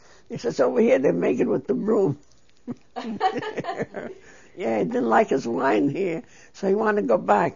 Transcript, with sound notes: He says over here they make it with the broom. ( she laughs ) Yeah, he didn't like his wine here, so he wanted to go back.